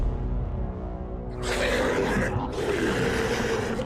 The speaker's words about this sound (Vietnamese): Hắn ta trợn ngược mắt, gồng mình lên gầm trú.